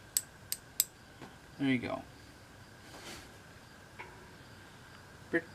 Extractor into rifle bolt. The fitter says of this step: when you're putting these extractors back in you can just push the pin down until it locks into place and there you go